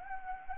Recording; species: mosquito wingbeat signal from an infrared sensor; Anopheles gambiae